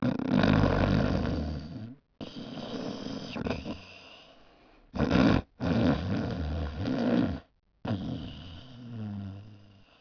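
Irregular, low-pitched snoring from an adult sleeper.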